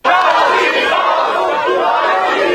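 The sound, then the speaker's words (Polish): A large crowd at an antifascist demonstration in Vienna on a Monday evening shouts in unison, a loud, dense roar of many voices chanting slogans against Nazis and Kickl with steady intensity throughout, rising and falling slightly in rhythmic bursts. “Tak krzyczeli w poniedziałek wieczorem w Wiedniu uczestnicy zorganizowanej przez środowisko antyfaszystowskiej manifestacji.”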